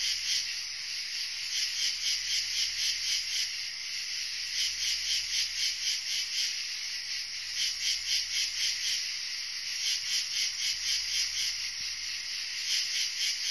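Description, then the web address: Insect giving a continuous high pulsing trill with rapid rhythmic beats, about four per second. "animali insetti insetti insect"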